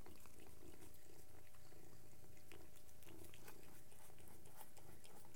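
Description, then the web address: Cat: low continuous purring from a cat, overlaid by frequent crackly chewing and mouth noises. Three cats purring while eating. "The BBC Sound Effects Library (Animals Birds) 3 cats eating and purring"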